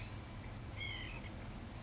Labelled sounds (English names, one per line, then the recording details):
White-breasted Nuthatch
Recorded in Sonoma County, California